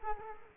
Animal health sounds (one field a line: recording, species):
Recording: mosquito wingbeat signal from an infrared sensor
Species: Culex quinquefasciatus